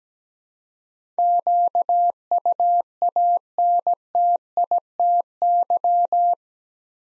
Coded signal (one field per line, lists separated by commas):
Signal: Morse code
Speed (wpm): 17 wpm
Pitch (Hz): 700 Hz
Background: none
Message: QUANTITY